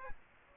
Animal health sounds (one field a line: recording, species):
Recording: mosquito wingbeat signal from an infrared sensor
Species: Aedes aegypti